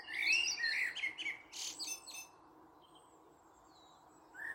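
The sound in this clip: Bird calls: a quick run of chirpy, slurred high notes for about two seconds, then near silence before a single rising note at the end.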